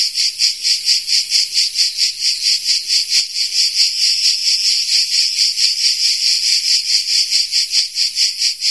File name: Tettigia Cicada. fullbeat